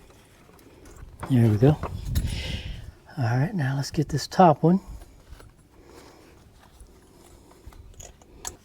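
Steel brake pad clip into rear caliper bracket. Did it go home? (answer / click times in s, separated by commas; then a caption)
yes / 8.5 s. Someone talks while fitting the upper steel abutment clip that holds the brake pad into the rear caliper bracket of a 2010 Chevrolet Silverado pickup. After the talking, faint metallic handling ticks follow, and then a sharp snap at 8.5 s as the clip seats in place.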